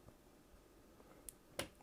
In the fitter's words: until you hear that click and then one two three just do three turns and that will get it started then